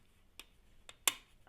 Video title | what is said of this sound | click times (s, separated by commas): Tamiya Stug IV Upper Hull | And you hear that click. | 1.1 s